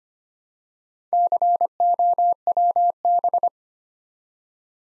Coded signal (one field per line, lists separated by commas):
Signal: Morse code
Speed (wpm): 25 wpm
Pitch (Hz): 700 Hz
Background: none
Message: COWB